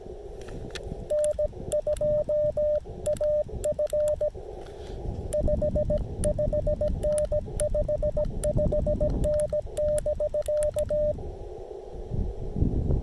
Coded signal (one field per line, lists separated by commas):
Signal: Morse code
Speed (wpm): 17 wpm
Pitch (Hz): 600 Hz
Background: radio noise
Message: N2AF 55N 55N <BK>